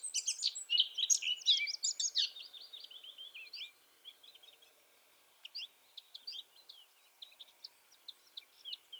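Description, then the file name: Eurasian blackcap opening with a loud, hurried warble of jumbled high notes, fading into scattered soft chips and brief twitters over quiet background hiss. "Sylvia atricapilla"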